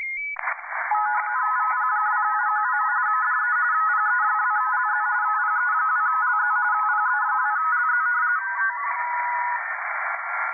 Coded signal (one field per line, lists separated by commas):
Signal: RTTY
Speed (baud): 45.45 baud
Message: VP2MUM DE PE2LZ PE2LZ PE2LZ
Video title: VP2MUM (DL2RUM) Using his RUMped contest software on 30M RTTY